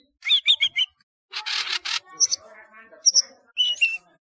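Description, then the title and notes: Flycatcher singing short high chirps and whistled notes, broken by a buzzy rasping burst, then sharper upward-flicked notes. "Kicau Burung Sikatan"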